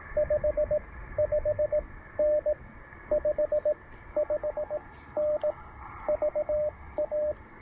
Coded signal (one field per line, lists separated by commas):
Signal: Morse code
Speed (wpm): 18 wpm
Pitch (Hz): 600 Hz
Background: radio noise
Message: 55N 55N VA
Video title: POTA Lunch Box Radio: Pairing the Penntek TR-45L and the Elecraft AX1